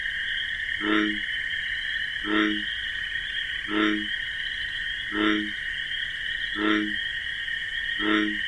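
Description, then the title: Bullfrog's low, resonant croaks recur evenly about every 1.4 seconds while crickets keep up a continuous high drone. Night in a wetland with marsh grasses; crickets drone alongside the bullfrog's deep call, described as 'jug-o-rum'. "Bullfrog Sound. The Wondrous Wetlands"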